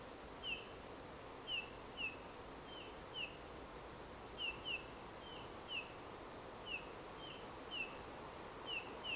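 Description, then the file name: Eurasian bullfinch calls: a steady series of soft, falling piped whistles, some in quick pairs, repeated many times over constant hiss. "Pyrrhula pyrrhula"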